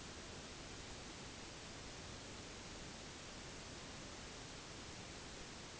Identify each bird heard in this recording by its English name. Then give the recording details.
none. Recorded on Arctic tundra, site NAIT-1, on 1 July 2019. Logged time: 08:00